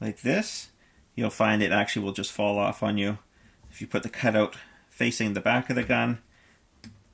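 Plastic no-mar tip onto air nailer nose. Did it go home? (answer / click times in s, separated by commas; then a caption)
yes / 6.8 s. A plastic no-mar tip is pressed onto the metal nose of an air nailer with its cutout facing the back of the gun while someone talks. A single sharp snap at 6.8 seconds marks the tip seating in place and staying there.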